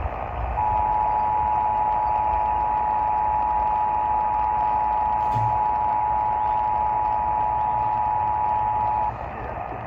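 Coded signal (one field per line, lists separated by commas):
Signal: Emergency Alert System (SAME) tones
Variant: 853 and 960 Hz attention tone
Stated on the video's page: Real Required Monthly Test for Ventura County.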